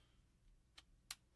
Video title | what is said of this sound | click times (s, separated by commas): Nintendo Switch Unboxing and Discussion (Live on FB) | Oh, very nice, satisfying click noise and feel. | 1.1 s